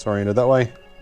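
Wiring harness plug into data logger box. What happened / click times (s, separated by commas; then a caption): The connector is handled but not yet seated; no click / none. Someone talks briefly while the end of a wiring harness is turned the right way round to plug into a data logger box, the log box that takes an SD card. No click or other distinct handling sound is heard, and the plug has not seated or clicked in yet.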